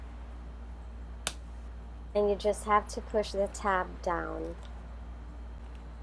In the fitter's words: soon as you hear the click that's the time that it tells you that the GoPro is secure and